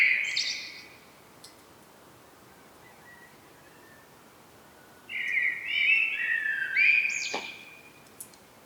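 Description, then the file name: Common blackbird with a rich fluted phrase at the start, a long quiet gap, then a second phrase ending in high, squeaky twitters. "Turdus merula"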